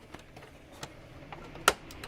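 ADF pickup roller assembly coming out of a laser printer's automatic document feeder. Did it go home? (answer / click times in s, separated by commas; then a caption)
released / 1.7 s. An ADF pickup roller assembly (part A8P79-65001) for an M521dn or M425dn laser printer, with one of its pins already broken, is pressed down and pulled outward from the printer's automatic document feeder. A few faint ticks and handling noises lead up to a single sharp plastic click at 1.7 s as the assembly comes free and is released.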